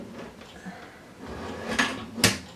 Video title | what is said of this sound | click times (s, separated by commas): 2020 Ryzen 5 PC Build | that in there like that clicks into place | 2.2 s